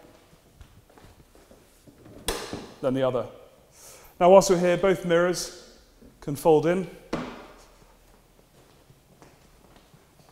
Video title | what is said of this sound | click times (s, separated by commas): Ferrari F50 User's Guide | place the palm of your hand close to the mirror here until it clicks closed so one side | 2.3 s